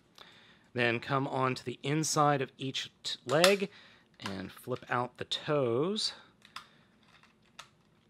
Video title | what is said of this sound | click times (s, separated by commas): Dragon Chariot Deluxes | and these will flip down and then snap into place though the snap is not that tight | 0.2 s